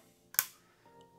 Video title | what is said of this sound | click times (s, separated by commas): Geberit FORS Inlet Valve Installation | and make sure you hear it click into place | 0.4 s